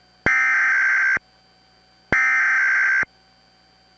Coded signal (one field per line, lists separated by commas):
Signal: Emergency Alert System (SAME) tones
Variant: header bursts